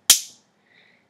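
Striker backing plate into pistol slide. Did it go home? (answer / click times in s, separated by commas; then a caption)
yes / 0.1 s. A striker backing plate is pushed up over the striker indicator guide on a pistol slide until it seats. A sharp, bright metallic click at 0.1 s marks it snapping into place as the indicator guide pops out, leaving the backing plate flush. A faint higher-pitched tone follows near 0.8 s.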